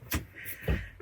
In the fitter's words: Clicks in everywhere and there you have it so now it's a slick finish